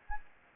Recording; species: mosquito wingbeat signal from an infrared sensor; Anopheles gambiae